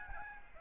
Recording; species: mosquito wingbeat signal from an infrared sensor; Aedes albopictus